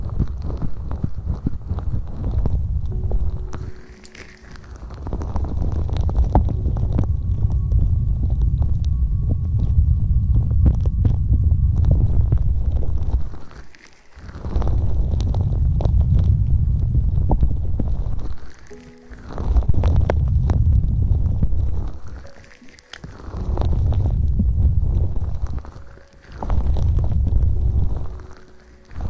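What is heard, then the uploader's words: Low rumbling breaths blown into the microphone in long sustained waves, broken every few seconds by brief pauses with soft airy whistles. Soft Mouth Sounds, Breathing, Blowing.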